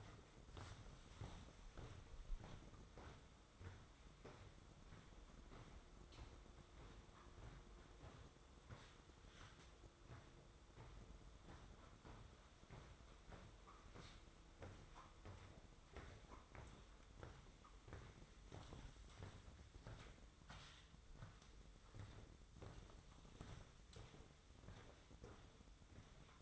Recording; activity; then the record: daily activity, microphone in the room; walk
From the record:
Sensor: 3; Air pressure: 1005.6 hPa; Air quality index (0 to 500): 94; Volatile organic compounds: 3 ppm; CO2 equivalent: 1467 ppm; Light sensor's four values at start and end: 10/24/10/9 and 10/24/10/10